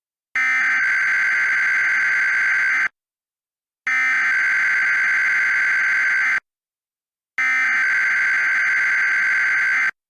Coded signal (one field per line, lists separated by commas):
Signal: Emergency Alert System (SAME) tones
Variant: header bursts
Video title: EAS - 16 Counties, 1 Warning